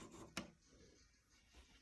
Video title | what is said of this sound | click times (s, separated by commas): PR 680 set up | when it's in place it will just lock into place there. | 0.4 s